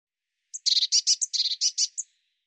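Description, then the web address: Eurasian blue tit scolding call: a quick, buzzy chatter of about ten harsh notes in one burst lasting around one and a half seconds, with high thin notes at start and end. "cianscape birddata Deverinetal 2025 File cleaned normalized Bird Cy Ca"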